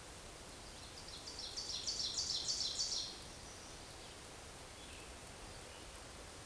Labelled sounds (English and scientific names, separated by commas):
Ovenbird (Seiurus aurocapilla) song